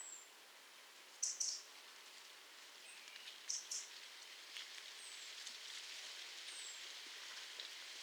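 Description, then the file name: European robin giving short, sharp high ticking notes in two quick pairs a couple of seconds apart, with faint thin high calls between, over a soft steady background hiss. "Erithacus rubecula"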